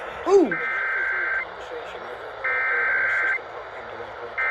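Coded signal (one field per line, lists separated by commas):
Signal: Emergency Alert System (SAME) tones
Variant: header bursts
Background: speech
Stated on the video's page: Real Pennsylvania Required Monthly Test.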